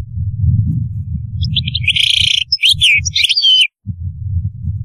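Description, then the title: European goldfinch song, a short burst of buzzy, liquid twitters with a few sliding notes over a steady low rumbling hum. "Chant Chardonneret"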